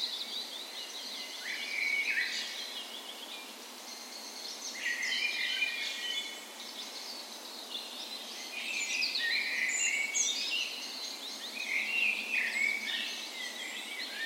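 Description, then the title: Birds singing at dawn, a busy blend of sweet whistles, twitters and short trills from multiple birds, continuing throughout. Spring dawn chorus on the morning of 17 May, Norway's National Day, in a park west in Bergen, Norway; Sony PCM A10 recorder with LOM micro Usi microphones as tree ears. "17th Of May Dawn Chorus"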